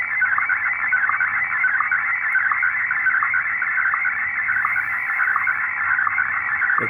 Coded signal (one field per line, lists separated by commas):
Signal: SSTV (slow-scan television)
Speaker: the chameleon antenna flute decoding SSTV here inside the house.